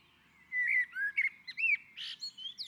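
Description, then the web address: Common blackbird song, a short run of rich, rounded whistles with slurred notes, closing on a burst of higher, scratchy twitters. On a roof. "Naturinspelningar Koltrast på taket"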